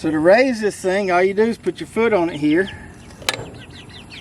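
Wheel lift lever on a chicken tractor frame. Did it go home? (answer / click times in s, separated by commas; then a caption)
yes / 3.3 s. Someone talks, then steps on the foot lever of the wheel kit on a chicken tractor frame to raise it. A sharp hit at 3.3 s is the lever locking into place in the raised position, followed by quieter outdoor background with faint bird sounds.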